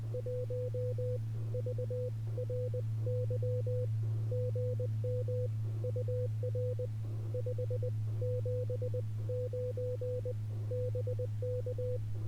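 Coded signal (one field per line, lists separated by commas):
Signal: Morse code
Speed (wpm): 20 wpm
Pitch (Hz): 500 Hz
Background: none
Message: 1 VRY GM UR 579 BK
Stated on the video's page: CW SOTA activation on Mount Yaedake, Okinawa, with an Icom IC-705, Pico paddle, homebrew linked vertical and battery, after a broken key.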